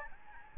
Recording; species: mosquito wingbeat signal from an infrared sensor; Aedes albopictus